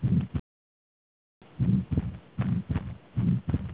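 Heart sounds of an adult heard by stethoscope, with atrial septal defect (ASD).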